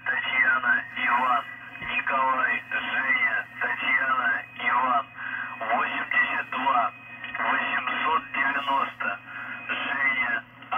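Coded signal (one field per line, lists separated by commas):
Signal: numbers station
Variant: UVB-76 voice message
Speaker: But now and again, it does change, and they do use it to send messages. We think to secret operatives out around the globe, because these transmissions do travel really far. So here's an example of that.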